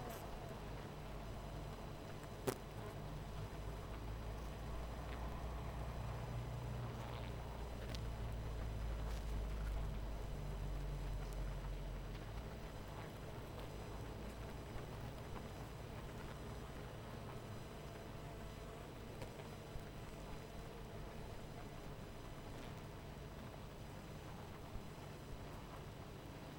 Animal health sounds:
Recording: honeybee colony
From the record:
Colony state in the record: missing queen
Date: 14 July 2017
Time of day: 18:30

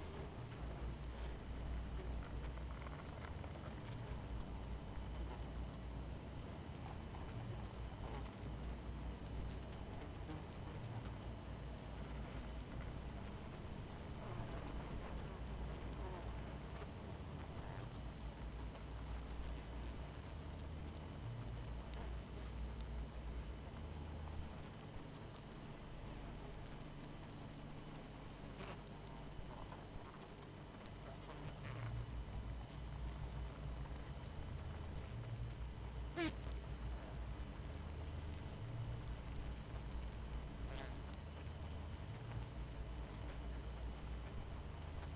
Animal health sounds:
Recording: honeybee colony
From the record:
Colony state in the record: missing queen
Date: 14 July 2017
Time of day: 23:55

